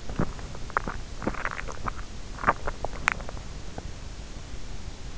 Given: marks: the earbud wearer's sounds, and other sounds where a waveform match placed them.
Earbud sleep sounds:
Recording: sounds in sleep by an in-ear microphone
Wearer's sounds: swallowing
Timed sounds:
0.00-4.05 s: swallowing

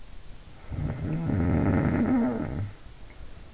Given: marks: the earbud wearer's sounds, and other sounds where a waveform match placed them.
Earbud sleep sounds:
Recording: sounds in sleep by an in-ear microphone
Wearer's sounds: snoring breath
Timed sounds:
0.39-3.19 s: snoring breath

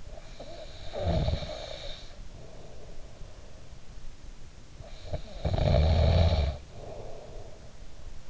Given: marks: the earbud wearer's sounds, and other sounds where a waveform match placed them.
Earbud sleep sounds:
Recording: sounds in sleep by an in-ear microphone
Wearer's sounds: snoring breath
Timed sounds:
0.00-3.80 s: snoring breath
4.80-7.83 s: snoring breath

